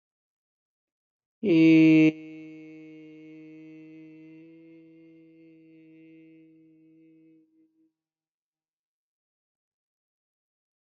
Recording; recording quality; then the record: sustained vowel as in made; excellent, no background noise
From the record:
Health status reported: healthy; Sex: male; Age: 28 years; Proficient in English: yes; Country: India